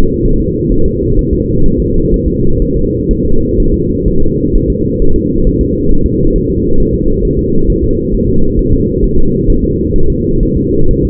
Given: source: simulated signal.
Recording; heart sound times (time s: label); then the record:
fetal heart sounds
0.25 s: S1
0.40 s: S2
0.72 s: S1
0.86 s: S2
1.19 s: S1
1.33 s: S2
1.66 s: S1
1.80 s: S2
2.14 s: S1
2.28 s: S2
2.62 s: S1
2.76 s: S2
3.11 s: S1
3.25 s: S2
3.60 s: S1
3.74 s: S2
4.08 s: S1
4.22 s: S2
4.56 s: S1
4.70 s: S2
5.02 s: S1
5.16 s: S2
5.47 s: S1
5.61 s: S2
5.91 s: S1
6.06 s: S2
6.36 s: S1
6.50 s: S2
6.80 s: S1
6.94 s: S2
7.25 s: S1
7.39 s: S2
7.70 s: S1
7.84 s: S2
8.14 s: S1
8.29 s: S2
8.59 s: S1
8.73 s: S2
9.04 s: S1
9.18 s: S2
9.50 s: S1
9.64 s: S2
9.96 s: S1
10.10 s: S2
10.43 s: S1
10.57 s: S2
10.91 s: S1
11.05 s: S2
From the record:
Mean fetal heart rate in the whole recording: 130 bpm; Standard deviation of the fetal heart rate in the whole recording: 4 bpm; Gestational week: 38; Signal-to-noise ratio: -19.1 dB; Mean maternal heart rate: 72 bpm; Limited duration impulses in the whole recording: present